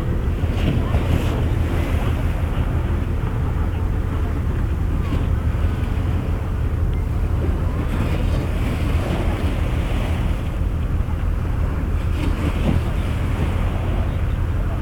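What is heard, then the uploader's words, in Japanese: A steady low engine rumble fills the harbor scene at Yokohama port, with a constant deep hum and throbbing underneath. Wind buffets the microphone throughout, adding rough gusty noise, with faint splashing water and brief brighter knocks around the eighth and twelfth seconds. とある日の横浜港。この番組としては波音は初ですし、音量がちょうどよくかなりいい感じに録れたと思っています。Mic: Mu6 Lifelike2。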